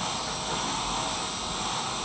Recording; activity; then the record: daily activity, microphone in the room; vacuum cleaning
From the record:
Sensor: 1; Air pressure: 1010.2 hPa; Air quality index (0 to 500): 173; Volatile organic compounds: 13 ppm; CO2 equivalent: 2381 ppm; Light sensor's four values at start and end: 51/132/54/68 and 51/132/54/68